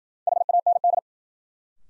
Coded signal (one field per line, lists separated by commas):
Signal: Morse code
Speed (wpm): 53 wpm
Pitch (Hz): 700 Hz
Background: none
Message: HAND